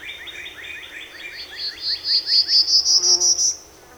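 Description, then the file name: Prairie warbler song, a rapid series of about a dozen buzzy notes climbing steadily higher, preceded by quick repeated downslurred chips. Recorded 14 April 2018. "2018-04-14 Prairie Warb"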